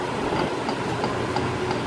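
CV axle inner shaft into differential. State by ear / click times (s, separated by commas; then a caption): not seated / none. On an R33 GT-R during a CV axle boot replacement, the CV axle's inner shaft is handled at the differential side, ready to be pushed in until the snap ring on its inner end seats. A steady broadband hiss runs through the clip, with faint, regular ticks roughly every third of a second. Nothing has seated or clicked yet.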